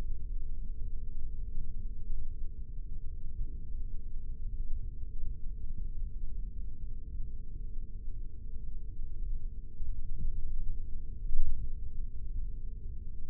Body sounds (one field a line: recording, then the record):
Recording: forearm muscle sounds (acoustic myography)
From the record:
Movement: rest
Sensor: system 3, bracelet of six PUI Audio POM-2738L microphones around the upper forearm, with dedicated amplification and filtering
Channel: 5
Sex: male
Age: 26 years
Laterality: right